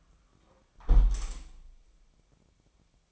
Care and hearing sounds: daily activity, microphone in the room; close window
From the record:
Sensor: 1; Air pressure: 1000.5 hPa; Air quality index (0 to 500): 185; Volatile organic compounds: 4 ppm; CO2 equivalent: 1697 ppm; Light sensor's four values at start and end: 10/24/10/11 and 10/24/10/11

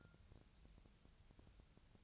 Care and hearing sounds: daily activity, microphone in the room; take from stove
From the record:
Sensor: 2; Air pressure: 999.2 hPa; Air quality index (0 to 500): 195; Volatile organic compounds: 27 ppm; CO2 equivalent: 2877 ppm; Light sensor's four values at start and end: 6/15/6/6 and 6/15/6/6

